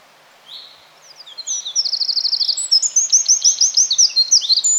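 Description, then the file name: Eurasian wren delivering a short, forceful burst of very fast, high trills and sharp staccato notes. "Troglodytes troglodytes"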